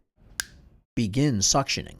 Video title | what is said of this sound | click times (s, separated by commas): Salem Sump™ Tube with Kangaroo™ Multi-functional Port with ENFit® Connection training | toggle the selection knob until the indicator line on the knob is aligned with the indicator of the suction port listen for an audible click | 0.4 s